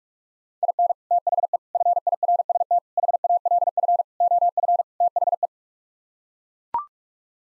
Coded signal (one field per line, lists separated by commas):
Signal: Morse code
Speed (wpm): 41 wpm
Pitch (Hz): 700 Hz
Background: none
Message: IN THE FIRST HALF OF THE